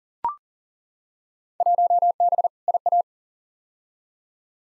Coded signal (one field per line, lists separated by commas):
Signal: Morse code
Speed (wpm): 40 wpm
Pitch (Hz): 700 Hz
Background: none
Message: 1B IA